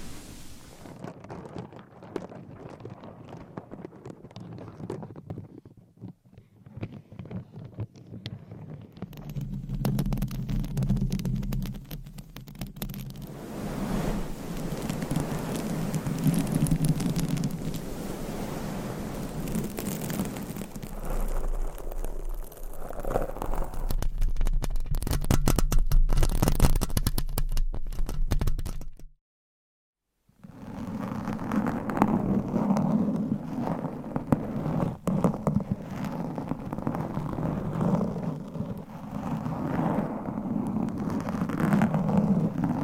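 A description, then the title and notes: Nails scratch over microphone covers in dense, rasping strokes, with a low rumbling body under the scratching. The texture shifts as covers change: sparser, crackly rubbing early, heavier continuous scraping from about ten seconds on, a brief silence near thirty seconds, then more scratching. Mic Scratching - Brain Scratching with 50 DIFFERENT MICS Covers & Nails. No Talking.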